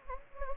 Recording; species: mosquito wingbeat signal from an infrared sensor; Anopheles gambiae